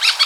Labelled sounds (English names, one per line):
Brown-throated Parakeet contact call